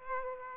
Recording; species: mosquito wingbeat signal from an infrared sensor; Aedes aegypti